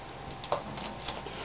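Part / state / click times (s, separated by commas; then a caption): laptop LCD video cable connector into the screen panel socket / seated / 0.5 s. On an Asus X54C laptop, the LCD video cable connector is pushed into the screen panel's socket with a small screwdriver. A sharp, short click sounds at 0.5 s as it locks in place, followed by a fainter tick near 1.1 s. The connector is seated.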